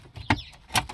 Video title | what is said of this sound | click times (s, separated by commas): How To Fit Reverse Camera To Skoda Factory Screen - No Coding Required! - Skoda VW Audi Seat VAG. | at that point this pulls farward you hear it click and | 0.3 s